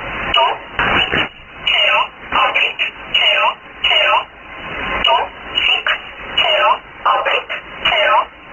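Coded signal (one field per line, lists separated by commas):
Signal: numbers station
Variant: E11 Oblique, English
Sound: a voice reading short single words at an even pace through shortwave hiss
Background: radio static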